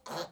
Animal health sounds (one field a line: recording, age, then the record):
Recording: pig call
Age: piglet (1 to 25 days)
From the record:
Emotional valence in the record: negative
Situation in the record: restrain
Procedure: back test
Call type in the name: low-frequency call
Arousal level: maximum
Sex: male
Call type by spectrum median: low-frequency call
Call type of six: low-frequency stable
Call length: 0.32 s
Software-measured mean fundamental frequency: 63 Hz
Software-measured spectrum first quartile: 620 Hz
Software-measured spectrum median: 1250 Hz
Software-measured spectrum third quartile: 3607 Hz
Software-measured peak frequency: 518 Hz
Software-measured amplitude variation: 188 dB a second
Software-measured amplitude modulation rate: 10.9 a second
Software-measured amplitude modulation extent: 17.3 dB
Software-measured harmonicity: -0.1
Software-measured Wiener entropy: -1.99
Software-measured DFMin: 1225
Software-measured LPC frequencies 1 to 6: 665, 1219, 3286, 4242, 5462, 6568 Hz